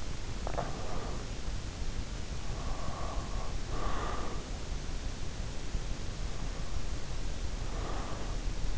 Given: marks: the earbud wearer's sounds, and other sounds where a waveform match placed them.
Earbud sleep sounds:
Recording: sounds in sleep by an in-ear microphone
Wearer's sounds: swallowing, breath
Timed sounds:
0.21-1.09 s: swallowing
2.37-4.58 s: breath
6.88-8.78 s: breath

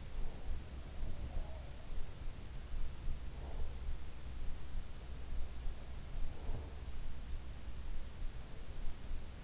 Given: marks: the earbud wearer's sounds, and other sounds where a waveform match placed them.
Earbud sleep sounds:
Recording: sounds in sleep by an in-ear microphone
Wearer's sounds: breath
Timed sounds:
0.00-0.56 s: breath
1.07-2.06 s: sound from someone else or the room
3.21-3.82 s: breath
6.07-6.84 s: breath

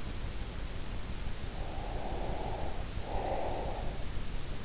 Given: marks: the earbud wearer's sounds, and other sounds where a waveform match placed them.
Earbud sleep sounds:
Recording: sounds in sleep by an in-ear microphone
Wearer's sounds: breath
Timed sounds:
1.32-4.38 s: breath

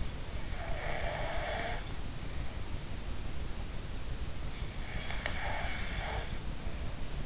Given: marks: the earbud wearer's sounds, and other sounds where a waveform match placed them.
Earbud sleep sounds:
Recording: sounds in sleep by an in-ear microphone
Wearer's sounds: snoring breath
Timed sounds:
0.27-2.68 s: snoring breath
4.85-7.26 s: snoring breath

